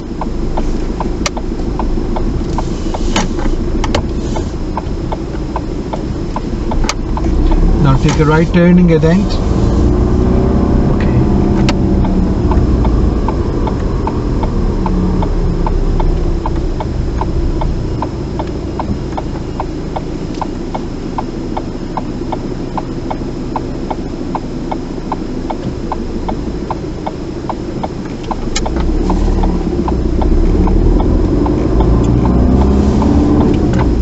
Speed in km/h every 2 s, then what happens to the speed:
6, 6, 5, 11, 16, 16, 11, 8, 2, 0, 0, 0, 0, 0, 8, 16, 18.
4-7 speeds up to 16. 10-16 slows to 2. 16-26 standing. 26-34 pulls away to 18.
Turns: 27-34.